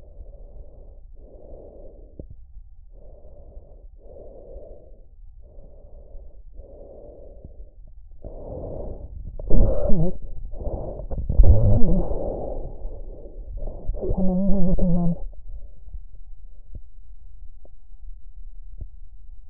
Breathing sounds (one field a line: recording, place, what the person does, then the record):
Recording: lung sounds by stethoscope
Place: trachea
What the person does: quiet breathing, then cough and speech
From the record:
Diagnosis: interstitial lung disease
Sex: female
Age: 65 years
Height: 156 cm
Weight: 66.8 kg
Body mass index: 27.4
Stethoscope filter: extended mode